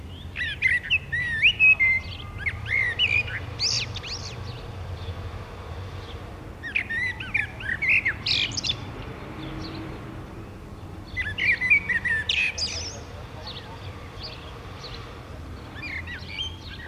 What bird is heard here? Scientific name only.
Turdus merula